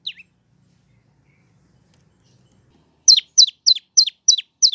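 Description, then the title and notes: Prinia giving one brief chip, then silence, then a quick run of six piercing downslurred notes. Long-duration therapy (terapi) recording made as a training (masteran) track. "Masteran Terapi Prenjak Durasi Panjang. Burung Prenjak"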